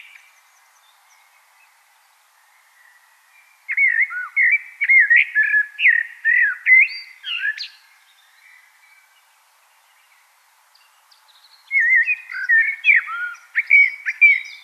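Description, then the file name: Common blackbird song: quiet start, then a lengthy phrase of rich fluted warbling ending in a high flourish, silence, and another warbled phrase. "Turdus merula"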